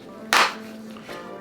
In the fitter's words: that's it clicked in dang I already like this much better